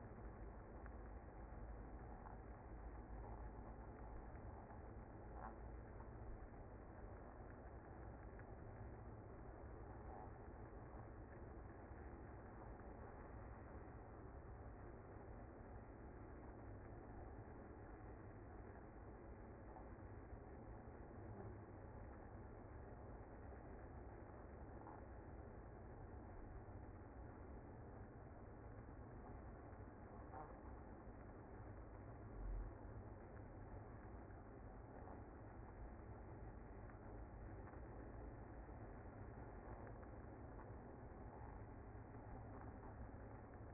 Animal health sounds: honeybee colony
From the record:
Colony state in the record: active

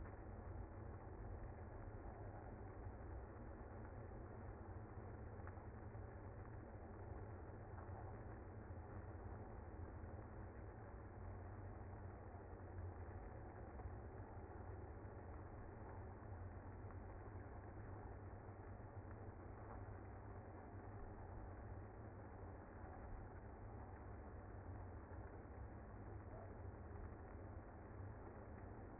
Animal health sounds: honeybee colony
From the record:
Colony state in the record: active

